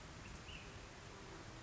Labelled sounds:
Ash-throated Flycatcher
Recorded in Sonoma County, California

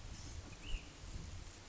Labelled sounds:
Ash-throated Flycatcher
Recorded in Sonoma County, California

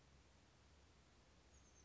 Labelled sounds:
Oak Titmouse
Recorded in Sonoma County, California

